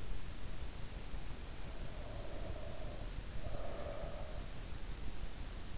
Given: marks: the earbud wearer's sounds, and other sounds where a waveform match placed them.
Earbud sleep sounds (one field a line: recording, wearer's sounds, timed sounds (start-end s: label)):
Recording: sounds in sleep by an in-ear microphone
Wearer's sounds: breath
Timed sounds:
1.90-4.65 s: breath